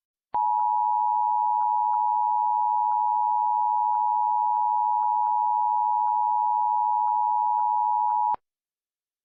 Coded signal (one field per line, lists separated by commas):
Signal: Emergency Alert System (SAME) tones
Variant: 853 and 960 Hz attention tone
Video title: Goodbye DTV AN EAS SCENARIO (PART 1)